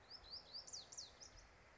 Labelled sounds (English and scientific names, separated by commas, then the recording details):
Lazuli Bunting (Passerina amoena)
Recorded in Sonoma County, California